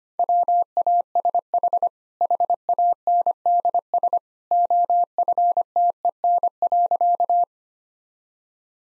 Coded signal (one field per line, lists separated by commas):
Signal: Morse code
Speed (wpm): 25 wpm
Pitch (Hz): 700 Hz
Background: none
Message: WASH HANDS OFTEN.